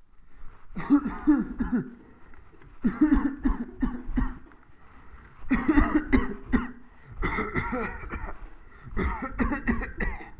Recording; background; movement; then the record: voluntary coughing; a bystander coughing; walking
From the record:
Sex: male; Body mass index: 21.0 kg/m2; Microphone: on the chest, facing the body